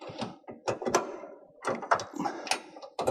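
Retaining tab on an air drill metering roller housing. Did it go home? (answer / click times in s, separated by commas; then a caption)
released / 3.0 s. On a New Holland air drill, the lever is put back and the top run is opened on the metering roller housing, producing a series of sharp mechanical clunks and rattles. The roller cartridge's retaining tab then clicks out at about 3.0 s, releasing it.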